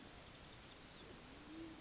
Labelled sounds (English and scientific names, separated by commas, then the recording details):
Band-tailed Pigeon (Patagioenas fasciata)
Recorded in Sonoma County, California